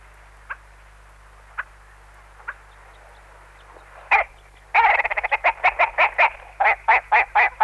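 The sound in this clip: Bird song: a few soft isolated notes, then a loud fast series of sharp repeated notes in the final three seconds.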